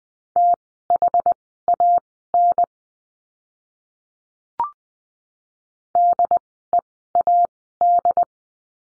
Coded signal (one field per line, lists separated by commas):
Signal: Morse code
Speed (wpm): 20 wpm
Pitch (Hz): 700 Hz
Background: none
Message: THAN DEAD